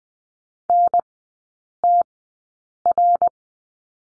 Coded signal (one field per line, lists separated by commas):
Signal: Morse code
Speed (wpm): 20 wpm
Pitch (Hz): 700 Hz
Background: none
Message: NTR